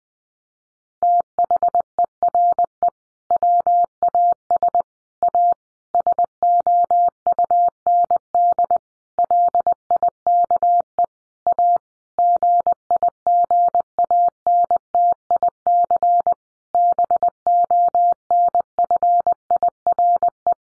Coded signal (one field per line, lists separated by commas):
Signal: Morse code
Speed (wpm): 20 wpm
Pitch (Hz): 700 Hz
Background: none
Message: THERE WAS A SOUND LIKE A GIGANTIC BONFIRE